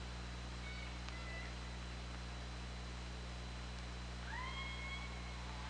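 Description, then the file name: Orca call, an upward-sweeping tone that flattens into a long, steady harmonic note late, above a constant low rumble. Captured by an OrcaLab hydrophone on 24 August 2017 at 20:25. "Orca Lab UTLN JASON 20170824 202535"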